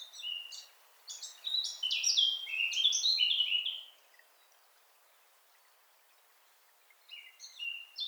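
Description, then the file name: Eurasian blackcap song: a rich, fast warbling phrase of varied whistled notes, then a pause and the start of another phrase. "Sylvia atricapilla"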